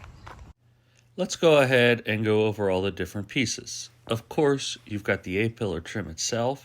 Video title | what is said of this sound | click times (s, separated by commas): A Pillar Trim - Honda ELEMENT | put it back on you do the opposite put it on here push it down Clicks in place | 0.3 s